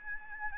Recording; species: mosquito wingbeat signal from an infrared sensor; Aedes albopictus